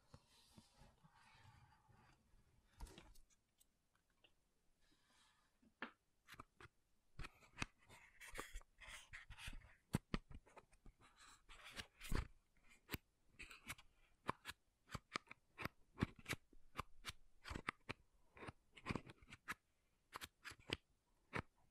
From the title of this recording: MAKEUP TAPPING & SCRATCHING